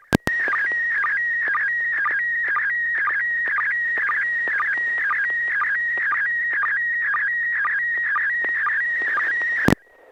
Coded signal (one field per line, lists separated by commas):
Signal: SSTV (slow-scan television)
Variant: PD 120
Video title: N6NA SSTV Net - 06/23/2021